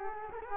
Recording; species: mosquito wingbeat signal from an infrared sensor; Culex quinquefasciatus